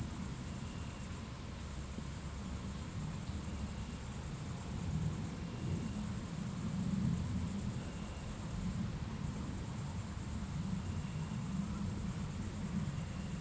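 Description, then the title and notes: Crickets keep up a high, steady trill broken by short dips every few seconds, over a rumbling low traffic background. Crickets recorded at night in Aveize, France, with a few cars in the distance; captured with DPA-2006c microphones in AB position on a Mixpre-3 recorder. "69610 Aveize, France - Grillons - Crickets. Grillons la nuit, quelques voitures dans le lointain. Crickets at night, cars in the distance"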